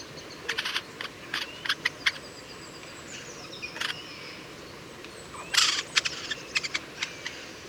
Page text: Eurasian Jay – Patrick Franke. March 2009 Two singing Eurasian Jays Garrulus glandarius, recorded in the vicinity. Eurasian Jay Garrulus glandarius, Leipzig, Germany